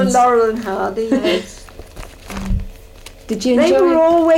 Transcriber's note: laughs